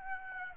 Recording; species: mosquito wingbeat signal from an infrared sensor; Aedes aegypti